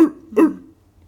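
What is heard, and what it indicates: A single short, harsh, throaty cough burst, imitated by an adult. It is the classic seal-like barking cough of typical croup, a viral illness (such as parainfluenza or rhinovirus) causing inflammation around the voice box that narrows the upper airway. Steroids are the first-line treatment, starting with oral dexamethasone.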